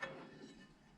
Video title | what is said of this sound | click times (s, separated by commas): craftsman 101 12 inch lathe score part 7 the progress | everything lined up. It clicks right into place. | 0.0 s